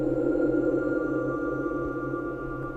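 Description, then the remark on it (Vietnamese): A telephone rings loudly in a quiet, deserted space, a steady, unbroken electronic tone that holds for a few seconds over a dense low hum, with no voices. “Điện thoại bỗng nhiên reo lên ầm ầm.”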